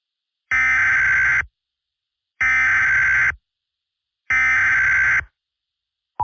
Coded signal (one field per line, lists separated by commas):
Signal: Emergency Alert System (SAME) tones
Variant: header bursts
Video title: EAS Scenario: Infectious Disease (Made By: Sean TV)